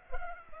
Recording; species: mosquito wingbeat signal from an infrared sensor; Culex pipiens